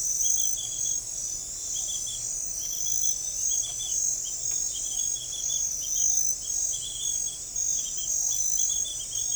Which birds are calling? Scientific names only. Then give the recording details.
none. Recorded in forest near Pivijay, Magdalena, Colombia, on 2 June 2023 at 00:00. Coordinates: 10.467, -74.380. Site Z5-G034